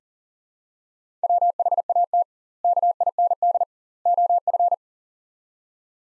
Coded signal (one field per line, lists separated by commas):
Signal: Morse code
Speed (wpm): 40 wpm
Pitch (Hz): 700 Hz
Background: none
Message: WHAT KIND OF